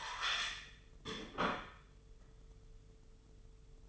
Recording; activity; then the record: daily activity, microphone in the room; place plate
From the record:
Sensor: 4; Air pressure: 995.3 hPa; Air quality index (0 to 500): 196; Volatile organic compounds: 132 ppm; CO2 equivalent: 3940 ppm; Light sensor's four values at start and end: 10/24/9/11 and 10/24/9/11